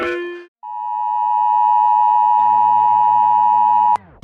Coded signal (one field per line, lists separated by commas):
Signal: Emergency Alert System (SAME) tones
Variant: 853 and 960 Hz attention tone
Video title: ranking EAS alarms by scariness